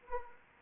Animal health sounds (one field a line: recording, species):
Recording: mosquito wingbeat signal from an infrared sensor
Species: Anopheles arabiensis